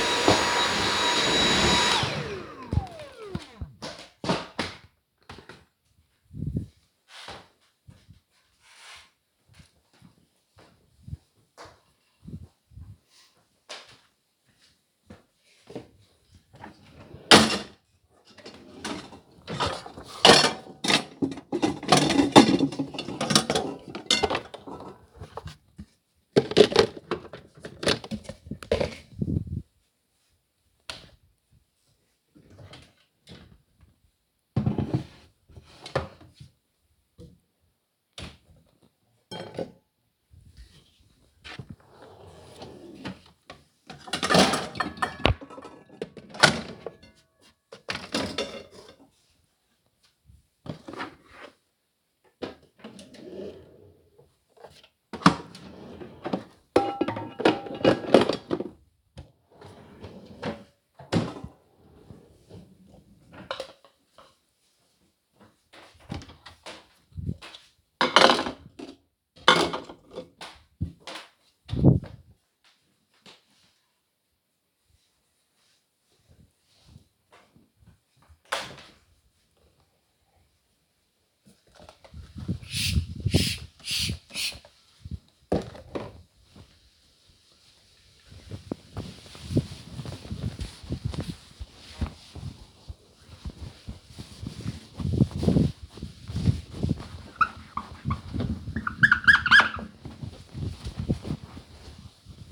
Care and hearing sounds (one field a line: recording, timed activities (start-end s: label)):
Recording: household activities, microphone on the right wrist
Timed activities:
0.00-2.49 s: vacuum cleaning
15.52-70.77 s: putting away the dishes
83.84-102.52 s: window cleaning